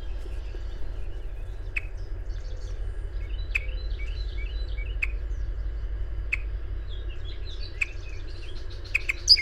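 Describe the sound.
Birds twitter with short high chirps repeated in loose phrases, punctuated by sharp clicks, against a continuous low droning hum.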